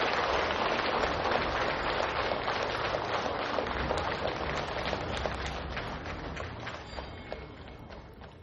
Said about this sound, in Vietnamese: Toàn thể đạo tràng cho một tràng pháo tay để thành kính cung đón Thượng Tọa Quang Lâm.